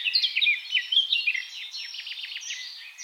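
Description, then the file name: Eurasian blackcap song: quick bright warbled notes at the start, fading into a fainter run of short repeated twitters. "Sylvia atricapilla"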